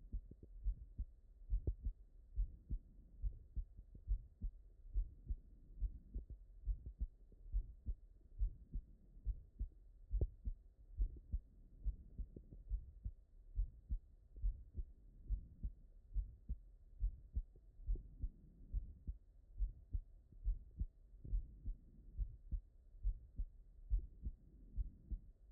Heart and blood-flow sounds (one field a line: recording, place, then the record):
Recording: heart sounds by stethoscope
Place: pulmonary valve (PV)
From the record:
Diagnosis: non-HFrEF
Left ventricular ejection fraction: 74%